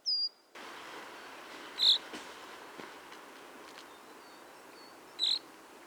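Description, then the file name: Common chaffinch calls: short, clear, high notes, one at the very start and two more about three and a half seconds apart, over a soft steady hiss. "Fringilla coelebs"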